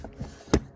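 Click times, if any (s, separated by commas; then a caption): 0.5 s. On a Mercedes-Benz W245 with a faulty interior door handle that will not open the door, the puddle light wiring harness connector is pushed fully into its plastic socket on the interior door handle casing as part of a cheap fix. A sharp, bright click at 0.5 s stands out over faint handling noise. The connector is seated.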